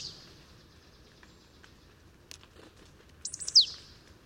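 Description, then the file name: Marsh tit giving a single short, high downslurred call near the end, after a quiet stretch with faint background rustle. "Poecile palustris"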